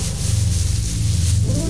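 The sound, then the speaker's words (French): A steady, dry rustling and rubbing as tobacco is worked between the fingers and rolled, a soft continuous scratchy texture lasting under two seconds with no voices. “Le tabac.”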